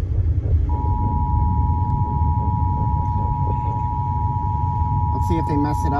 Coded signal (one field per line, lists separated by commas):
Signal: Emergency Alert System (SAME) tones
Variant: 853 and 960 Hz attention tone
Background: speech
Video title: National Periodic Test 2023 (EAS #87)